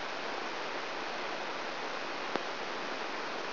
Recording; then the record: brain microelectrode recording played as sound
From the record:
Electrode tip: outside the subthalamic nucleus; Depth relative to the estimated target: 3 mm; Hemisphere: right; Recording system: AlphaMap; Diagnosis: Parkinson's disease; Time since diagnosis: 13 years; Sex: male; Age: 62 years